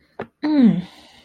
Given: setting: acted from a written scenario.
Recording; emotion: vocal sound without words; interest